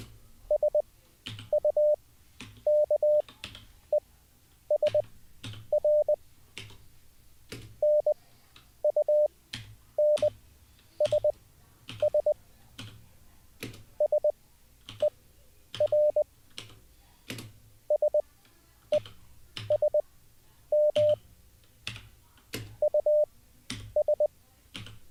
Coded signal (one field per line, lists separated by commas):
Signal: Morse code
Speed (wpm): 20 wpm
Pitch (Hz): 600 Hz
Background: none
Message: SUKESR NUNSS SER SESM US